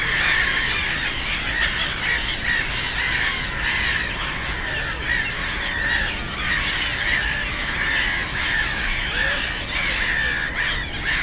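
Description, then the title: Black-headed gulls calling in a loud colony chorus, raucous squawks and screeches layered without pause, low traffic hum behind. Many black-headed gulls, the loudest birds at Frog Ponds nature complex on former coal-mining ponds, Bytom, Poland; nearby DK79 road and railway noise; recorded with Zoom F4 and AT BP4025. "Żabie Doły, Bytom, Polska - Black-headed gulls at Frog Ponds complex"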